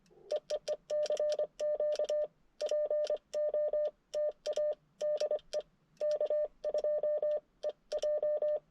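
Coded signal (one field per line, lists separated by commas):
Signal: Morse code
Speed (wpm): 23 wpm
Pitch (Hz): 600 Hz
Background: none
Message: EEE CQ POTA DE K2EJ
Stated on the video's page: CW Parks On The Air activation at a state forest using an IC-705; a solar flare mid-activation made signals fade and become much weaker.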